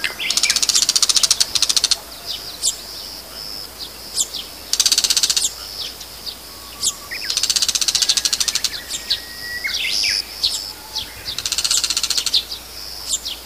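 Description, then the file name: Bull-headed shrike repeating rapid harsh chattering bursts every few seconds, interspersed with high thin squeaks and a brief steady whistle, over faint background hiss. "mozu"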